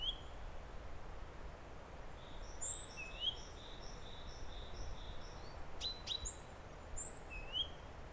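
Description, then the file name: Great tit two-note whistles repeated a few times, with a fast series of soft repeated notes running between them, plus a couple of sharp clicks. "Parus major"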